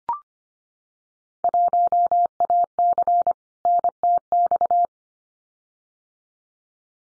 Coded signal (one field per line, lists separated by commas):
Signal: Morse code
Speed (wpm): 25 wpm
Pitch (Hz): 700 Hz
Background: none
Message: 1AC NTX